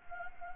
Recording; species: mosquito wingbeat signal from an infrared sensor; Anopheles gambiae